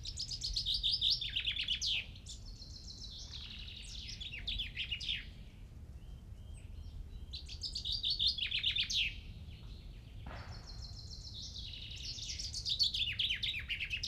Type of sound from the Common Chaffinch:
song